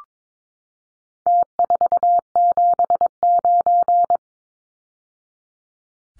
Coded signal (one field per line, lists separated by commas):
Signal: Morse code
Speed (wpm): 22 wpm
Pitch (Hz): 700 Hz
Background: none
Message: T479